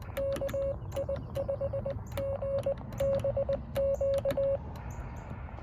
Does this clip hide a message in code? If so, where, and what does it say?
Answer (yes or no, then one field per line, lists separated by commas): yes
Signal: Morse code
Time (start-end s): 0.2-4.6 s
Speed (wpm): 20 wpm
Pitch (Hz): 550 Hz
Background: none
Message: KI5GBQ